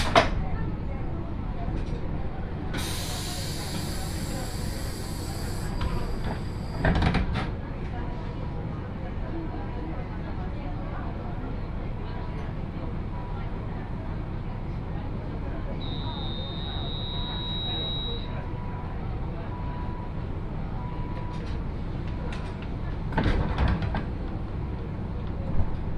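Steady low rumble of a Yodo Line train ride from Uwajima to Chikanaga, with brief clunks, a hiss early on, and a short high whine midway.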